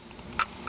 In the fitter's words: tighten it up until the torque wrench clicks.